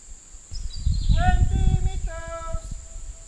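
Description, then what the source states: Bird giving nasal, harmonic calls, one dropping in pitch then held level, followed by a second flat call, over low rumbling noise. Recorded in the US on 11 September 2021, around 11:04.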